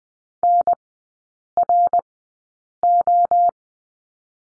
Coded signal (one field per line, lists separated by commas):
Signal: Morse code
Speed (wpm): 20 wpm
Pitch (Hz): 700 Hz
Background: none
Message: NRO